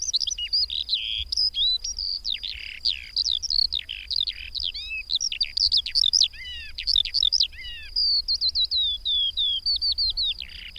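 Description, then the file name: Eurasian skylark song: a long, rapid flow of high twitters, sharp chirps and trills, with a brief steadier whistled stretch near the end. "Mezei pacsirta"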